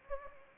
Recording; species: mosquito wingbeat signal from an infrared sensor; Anopheles arabiensis